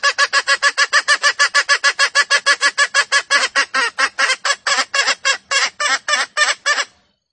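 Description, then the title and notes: Junglefowl clucks, rapid harsh notes repeated steadily for about seven seconds. Female junglefowl calls used as a lure to attract junglefowl. "Pancingan Ayam Hutan Betina. Suara Ayam Hutan Betina. Pemikat Ayam Hutan"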